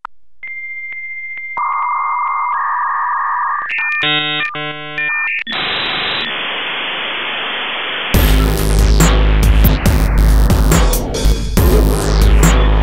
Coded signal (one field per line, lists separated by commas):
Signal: dial-up modem handshake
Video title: Dial-up Modem Dub Mix